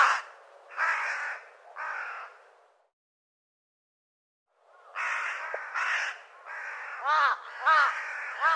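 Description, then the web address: Bird cawing in harsh hoarse calls: three caws, a pause, then a run of rough caws with a few higher squeaky notes. "cianscape birddata Deverinetal"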